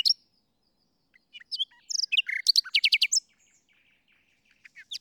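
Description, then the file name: Common nightingale song with scattered whistled notes building into a quick run of loud repeated notes, then quieter soft notes and a brief louder burst at the end. "Luscinia megarhynchos"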